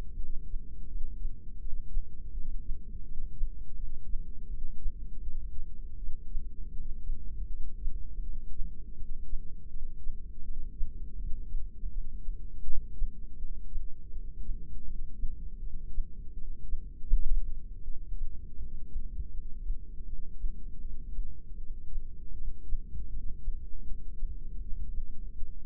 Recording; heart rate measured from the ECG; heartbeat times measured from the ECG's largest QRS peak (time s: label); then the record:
heart sounds by microphone in the right ear; 81 bpm
0.17 s: heartbeat
0.88 s: heartbeat
1.60 s: heartbeat
2.32 s: heartbeat
3.04 s: heartbeat
3.77 s: heartbeat
4.49 s: heartbeat
5.22 s: heartbeat
5.97 s: heartbeat
6.72 s: heartbeat
7.48 s: heartbeat
8.22 s: heartbeat
8.96 s: heartbeat
9.69 s: heartbeat
10.43 s: heartbeat
11.17 s: heartbeat
11.91 s: heartbeat
12.64 s: heartbeat
13.38 s: heartbeat
14.11 s: heartbeat
14.85 s: heartbeat
15.60 s: heartbeat
16.34 s: heartbeat
17.09 s: heartbeat
17.83 s: heartbeat
18.58 s: heartbeat
19.32 s: heartbeat
20.06 s: heartbeat
20.81 s: heartbeat
21.57 s: heartbeat
22.34 s: heartbeat
23.10 s: heartbeat
23.85 s: heartbeat
24.59 s: heartbeat
25.36 s: heartbeat
From the record:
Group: heart failure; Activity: rest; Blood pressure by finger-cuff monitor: 193/122 mmHg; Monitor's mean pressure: 143 mmHg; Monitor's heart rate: 81 bpm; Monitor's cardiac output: 7.6 L/min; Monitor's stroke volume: 93 mL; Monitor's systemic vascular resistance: 1440 dyn s/cm5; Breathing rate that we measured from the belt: 15 breaths a minute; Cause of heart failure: non-ischemic cardiomyopathy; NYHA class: 1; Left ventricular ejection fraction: 62%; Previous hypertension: present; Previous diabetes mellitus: present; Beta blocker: bisoprolol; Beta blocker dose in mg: 10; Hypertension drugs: sacubitril-valsartan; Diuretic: furosemide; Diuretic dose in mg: 20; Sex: male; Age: 49 years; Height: 167 cm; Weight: 110 kg